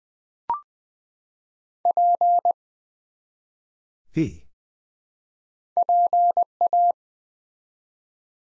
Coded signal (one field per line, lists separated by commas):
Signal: Morse code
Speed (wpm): 20 wpm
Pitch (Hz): 700 Hz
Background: none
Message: P PA